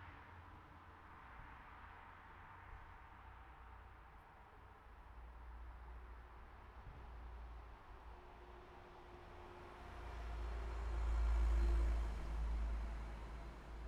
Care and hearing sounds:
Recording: everyday scene through a hearing-aid microphone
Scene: in traffic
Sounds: traffic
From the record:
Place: city secondary road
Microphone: behind the ear, right, rear

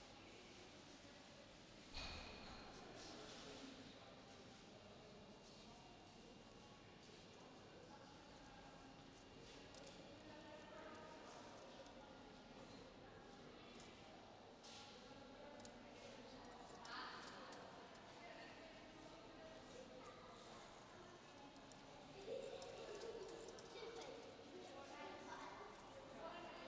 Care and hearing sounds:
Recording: everyday scene through a hearing-aid microphone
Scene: reverberant space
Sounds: background noise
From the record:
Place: railway station hall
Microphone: in the ear canal, left

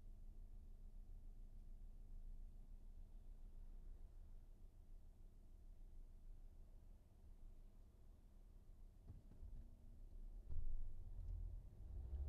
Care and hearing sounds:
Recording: everyday scene through a hearing-aid microphone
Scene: in a vehicle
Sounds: engine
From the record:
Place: VW T5 Caravelle, diesel engine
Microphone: behind the ear, right, rear

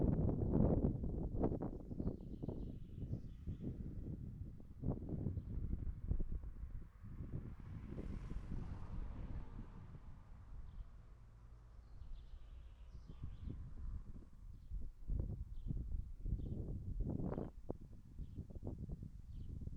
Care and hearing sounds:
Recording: everyday scene through a hearing-aid microphone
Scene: wind on the microphone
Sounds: wind, traffic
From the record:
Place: in front of a rural house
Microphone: behind the ear, right, front

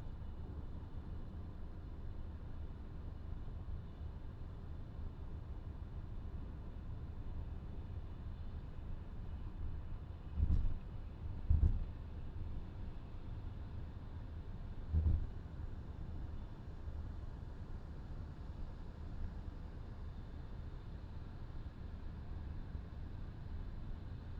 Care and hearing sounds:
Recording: everyday scene through a hearing-aid microphone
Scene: in a vehicle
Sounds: engine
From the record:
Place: VW T5 Caravelle, diesel engine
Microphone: in the ear canal, left

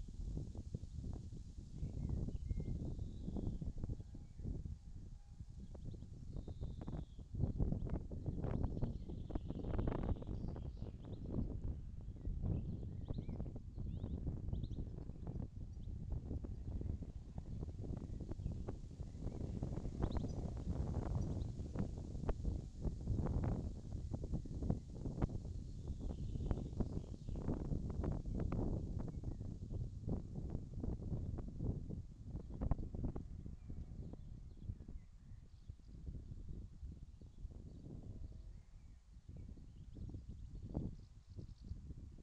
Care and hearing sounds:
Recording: everyday scene through a hearing-aid microphone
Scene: wind on the microphone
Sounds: wind, birds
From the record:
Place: in front of a rural house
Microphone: in the ear canal, left

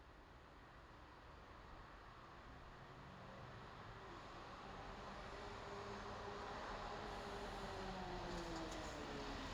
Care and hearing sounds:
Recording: everyday scene through a hearing-aid microphone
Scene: in traffic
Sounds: traffic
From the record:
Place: bus stop on a city main road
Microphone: in the ear canal, left

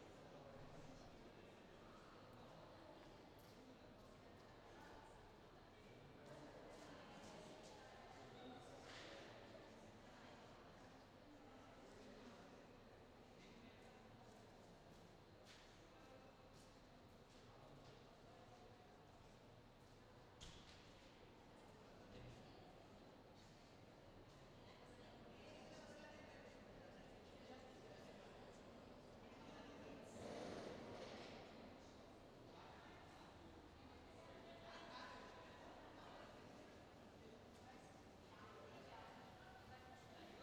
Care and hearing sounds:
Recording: everyday scene through a hearing-aid microphone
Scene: reverberant space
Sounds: background noise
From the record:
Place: railway station hall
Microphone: in the ear canal, left

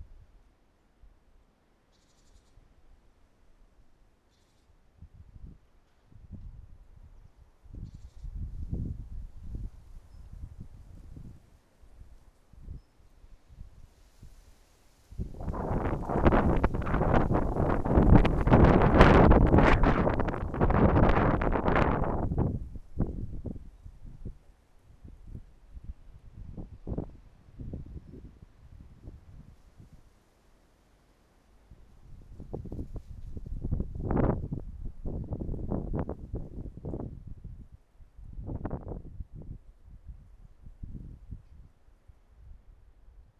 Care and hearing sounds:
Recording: everyday scene through a hearing-aid microphone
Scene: wind on the microphone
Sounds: wind, traffic, birds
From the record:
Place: suburban garden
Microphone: behind the ear, right, front

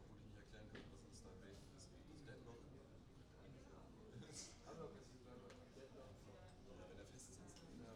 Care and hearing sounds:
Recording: everyday scene through a hearing-aid microphone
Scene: many people talking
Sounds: many voices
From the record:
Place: university cafeteria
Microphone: in the ear canal, right

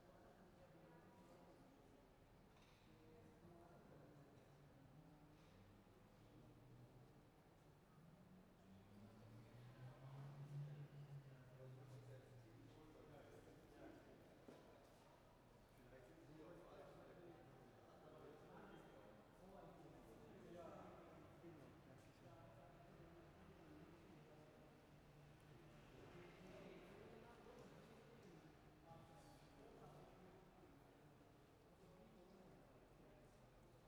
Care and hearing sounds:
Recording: everyday scene through a hearing-aid microphone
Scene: reverberant space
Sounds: background noise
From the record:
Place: railway station hall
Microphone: behind the ear, right, rear

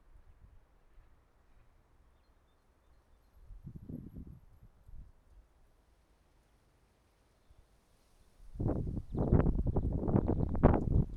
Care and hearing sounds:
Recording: everyday scene through a hearing-aid microphone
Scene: wind on the microphone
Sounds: wind, traffic, birds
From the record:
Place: suburban garden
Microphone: behind the ear, right, rear

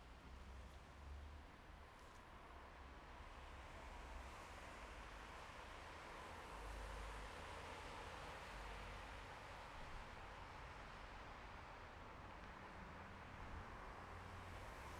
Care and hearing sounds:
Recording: everyday scene through a hearing-aid microphone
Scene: in traffic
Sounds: traffic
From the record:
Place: bus stop on a city main road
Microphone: behind the ear, left, front

